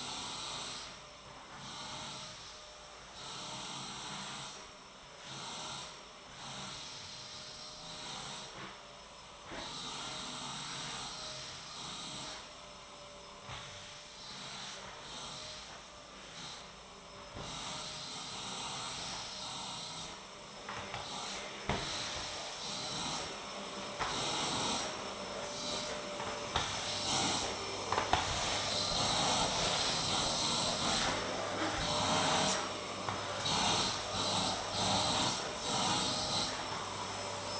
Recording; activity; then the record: daily activity, microphone in the room; vacuum cleaning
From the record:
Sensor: 3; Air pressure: 1009.5 hPa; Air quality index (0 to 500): 196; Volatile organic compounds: 16 ppm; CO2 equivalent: 2548 ppm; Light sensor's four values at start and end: 35/88/38/40 and 34/84/36/38